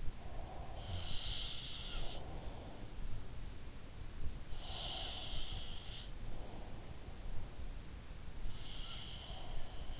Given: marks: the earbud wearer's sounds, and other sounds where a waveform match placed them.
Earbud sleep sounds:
sounds in sleep by an in-ear microphone; breath
0.00-3.03 s: breath
0.69-2.34 s: sound from someone else or the room
4.61-6.88 s: sound from someone else or the room
8.48-9.99 s: sound from someone else or the room

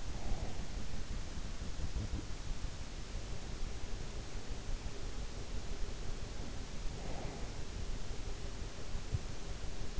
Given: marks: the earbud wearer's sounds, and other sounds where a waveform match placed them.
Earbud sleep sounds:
sounds in sleep by an in-ear microphone; breath
0.00-0.84 s: breath
5.97-7.66 s: breath

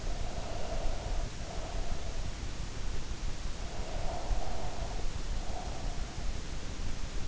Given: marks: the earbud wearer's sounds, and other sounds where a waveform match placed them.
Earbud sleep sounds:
sounds in sleep by an in-ear microphone; breath
0.00-2.31 s: breath
3.61-6.37 s: breath

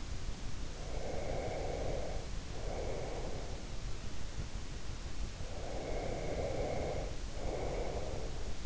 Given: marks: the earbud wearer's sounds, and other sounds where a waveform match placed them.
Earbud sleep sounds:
sounds in sleep by an in-ear microphone; breath
0.87-3.76 s: breath
5.52-8.66 s: breath

